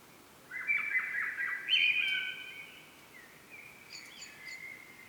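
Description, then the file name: Common blackbird song: one fluty, warbled phrase in the first half, followed by fainter high twittering notes. "Turdus merula"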